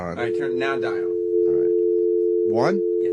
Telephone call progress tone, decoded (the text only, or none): dial tone